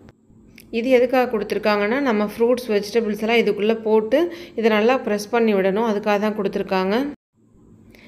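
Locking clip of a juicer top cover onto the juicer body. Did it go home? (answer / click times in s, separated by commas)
yes / 0.6 s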